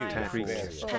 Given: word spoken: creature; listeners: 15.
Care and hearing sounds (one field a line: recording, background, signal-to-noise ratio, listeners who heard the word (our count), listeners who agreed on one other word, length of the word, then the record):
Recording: one English word in noise, from a listening test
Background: four-talker babble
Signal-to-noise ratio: -2.5 dB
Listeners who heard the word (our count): 0 of 15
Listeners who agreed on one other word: 10 of 15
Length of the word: 0.59 s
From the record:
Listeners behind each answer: 10, 1, 1, 1, 1, 1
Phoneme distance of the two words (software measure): 45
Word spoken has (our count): 2 syllables, 5 phonemes, stress on syllable 1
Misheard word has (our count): 1 syllable, 4 phonemes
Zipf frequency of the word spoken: 4.31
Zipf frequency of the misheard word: 5.18